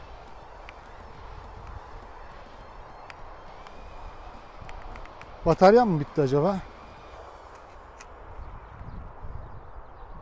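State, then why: Not seated. Someone handles the flight battery of an Aden E58 Pro 4K drone, reseating it into the drone body after a kicking test left the drone unable to power on, likely because the battery was not fully seated. Faint handling ticks sound over low background noise while someone talks, and the battery has not yet seated or clicked home.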